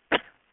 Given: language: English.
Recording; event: throat vibration sensor signal played as sound; cough